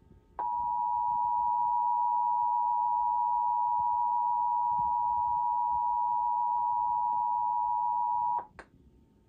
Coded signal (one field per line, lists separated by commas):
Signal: Emergency Alert System (SAME) tones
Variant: 853 and 960 Hz attention tone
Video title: EAS #2699 2023 National EAS Test on WGN-TV